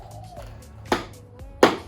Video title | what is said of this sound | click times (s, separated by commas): All New Ozito 1500W Electric Mower Unbox and First Impression | that's a nice satisfying click it's nice and strong beautiful | 1.6 s